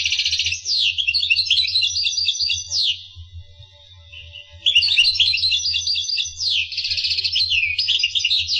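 Finch song, two long phrases of quick buzzy trills and chirps separated by a brief quiet gap near the middle; faint low hum underneath.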